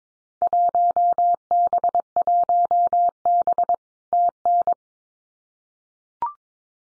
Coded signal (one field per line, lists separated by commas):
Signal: Morse code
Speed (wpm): 22 wpm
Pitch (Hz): 700 Hz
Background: none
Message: 1B 1B TN